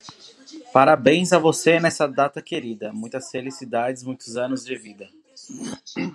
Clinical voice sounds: short text; Brazilian Portuguese; male; 20 to 29 years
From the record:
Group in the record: control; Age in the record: 22 years

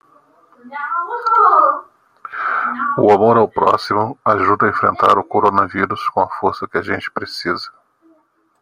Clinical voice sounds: spoken sentence; Brazilian Portuguese; male; 40 to 49 years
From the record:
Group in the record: control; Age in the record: 49 years

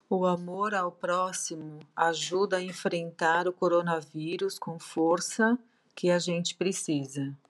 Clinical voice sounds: spoken sentence; Brazilian Portuguese; female; 40 to 49 years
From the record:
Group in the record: control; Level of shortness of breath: 0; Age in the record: 46 years

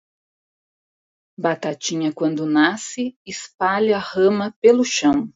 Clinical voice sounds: short text; Brazilian Portuguese; female; 40 to 49 years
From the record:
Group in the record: control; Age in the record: 47 years

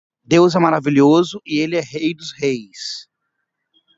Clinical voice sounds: spoken sentence; Brazilian Portuguese; male; 40 to 49 years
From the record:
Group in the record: control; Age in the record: 41 years

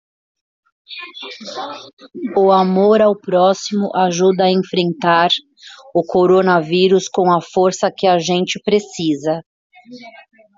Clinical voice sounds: spoken sentence; Brazilian Portuguese; female; 40 to 49 years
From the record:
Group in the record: control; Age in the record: 44 years

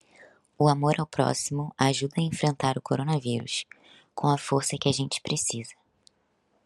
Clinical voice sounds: spoken sentence; Brazilian Portuguese; female; 20 to 29 years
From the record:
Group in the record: control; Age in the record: 22 years

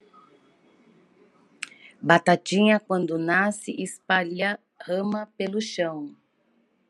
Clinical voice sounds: short text; Brazilian Portuguese; female; 40 to 49 years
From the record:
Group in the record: control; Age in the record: 48 years

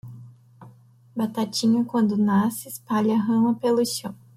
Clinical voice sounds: short text; Brazilian Portuguese; female; 20 to 29 years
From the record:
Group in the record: control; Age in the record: 27 years

